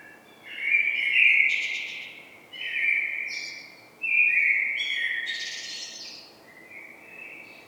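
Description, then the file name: Common blackbird song: several mellow whistled phrases with scratchy high twitters, delivered almost without pause. "Turdus merula"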